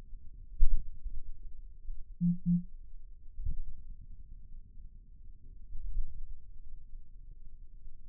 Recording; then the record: forearm muscle sounds (acoustic myography)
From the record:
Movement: finger pinch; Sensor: system 2, bracelet of six BSWA MPA416 microphones around the upper forearm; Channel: 4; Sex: male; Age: 22 years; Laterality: right